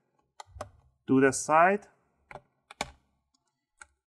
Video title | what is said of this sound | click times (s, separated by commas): Lenovo Gaming L340 Repaste maintenance under 10min ! | and you just want to twist it and you're going to hear a little clicks those are the clips are getting loose | 0.4 s, 0.6 s